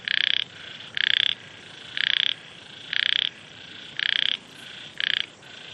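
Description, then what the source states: Frog giving rasping pulsed croaks about once a second, each brief burst buzzy and bright. Frogs in Vietnam, with wind.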